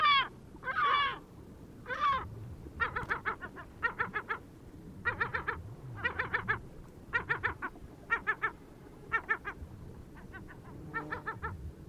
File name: kleine mantelmeeuw